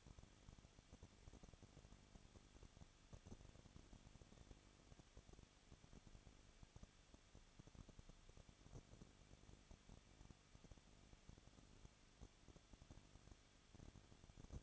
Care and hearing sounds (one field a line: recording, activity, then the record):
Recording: daily activity, microphone in the room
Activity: no activity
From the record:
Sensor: 4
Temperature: 23.0 degrees Celsius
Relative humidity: 34.5%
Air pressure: 1007.3 hPa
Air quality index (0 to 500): 215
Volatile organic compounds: 15 ppm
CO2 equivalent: 2500 ppm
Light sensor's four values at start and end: 2/3/1/1 and 2/3/1/1